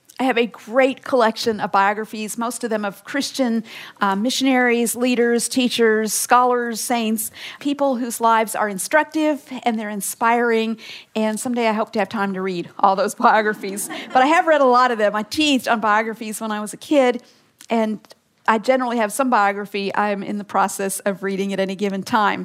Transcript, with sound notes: I have a great collection of biographies, most of them of Christian missionaries, leaders, teachers, scholars, saints—people whose lives are instructive, and they’re inspiring. Someday I hope to have time to read all those biographies! (laughter) But I have read a lot of them. I “teethed” on biographies when I was a kid, and I generally have some biography I’m in the process of reading at any given time.